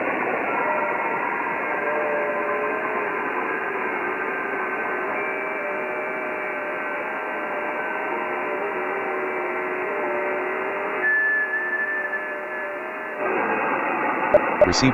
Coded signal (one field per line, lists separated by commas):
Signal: FT8